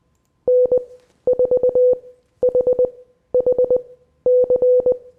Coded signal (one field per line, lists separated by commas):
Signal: Morse code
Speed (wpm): 20 wpm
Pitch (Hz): 500 Hz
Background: none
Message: N4HHC